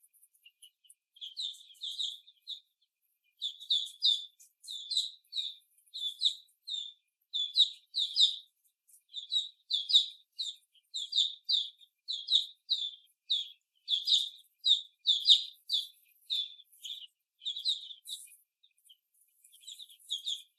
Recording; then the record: young laying hens in a cage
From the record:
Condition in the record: after the stressor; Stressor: simulated dog barking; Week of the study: 1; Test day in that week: 2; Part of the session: 4